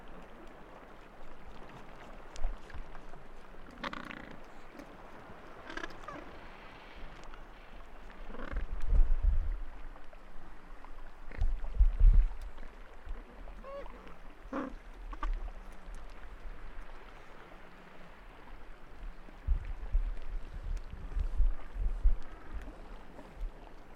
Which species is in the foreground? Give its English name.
Gentoo Penguin